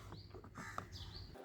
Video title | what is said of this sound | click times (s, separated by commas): How to replace reflector strip on liftgate of Kia Sportage | Next, reinstall the pull handle cap by sliding it in until it clicks into position. | 0.8 s